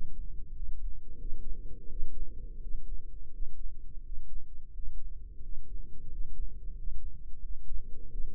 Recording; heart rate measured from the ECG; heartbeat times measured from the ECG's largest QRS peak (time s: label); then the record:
heart sounds by microphone in the left ear; 87 bpm
0.53 s: heartbeat
1.18 s: heartbeat
1.88 s: heartbeat
2.60 s: heartbeat
3.31 s: heartbeat
4.03 s: heartbeat
4.72 s: heartbeat
5.42 s: heartbeat
6.09 s: heartbeat
6.76 s: heartbeat
7.41 s: heartbeat
8.09 s: heartbeat
From the record:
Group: healthy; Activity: rest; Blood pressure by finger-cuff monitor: 130/88 mmHg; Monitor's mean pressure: 99 mmHg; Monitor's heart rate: 85 bpm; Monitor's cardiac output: 7.2 L/min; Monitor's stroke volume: 79 mL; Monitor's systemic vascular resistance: 1020 dyn s/cm5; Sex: male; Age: 33 years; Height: 179 cm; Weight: 80.4 kg